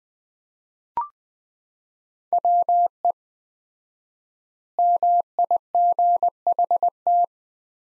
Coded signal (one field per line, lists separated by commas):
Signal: Morse code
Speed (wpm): 20 wpm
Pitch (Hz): 700 Hz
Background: none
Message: WE MIGHT